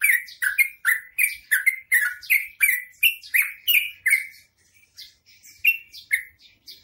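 Bird song of quick harsh chirps that break off, leaving a few scattered single notes near the end.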